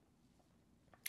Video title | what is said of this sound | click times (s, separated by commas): Why You Should Get the ASRock Z890 Taichi Motherboard | and kind of locks in place like that | 1.1 s